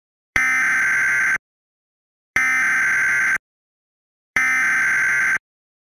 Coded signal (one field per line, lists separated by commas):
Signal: Emergency Alert System (SAME) tones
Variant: header bursts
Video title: EAS Scenario - Volcanic Nightmare Remastered (Preview 1)